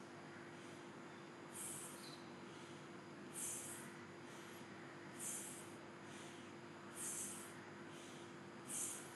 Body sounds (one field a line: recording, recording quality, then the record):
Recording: shallow breathing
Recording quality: excellent, no background noise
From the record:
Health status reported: healthy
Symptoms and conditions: cough, cold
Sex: male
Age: 52 years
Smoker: not ticked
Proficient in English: yes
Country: India